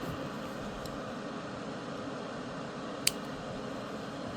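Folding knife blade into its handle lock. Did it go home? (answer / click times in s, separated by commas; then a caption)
yes / 3.1 s. The blade of an old automatic knife, worked with the rear release, is folded back into its handle against a steady background hiss. It locks closed with one sharp metallic snap at 3.1 seconds, and the blade is seated in the closed lock.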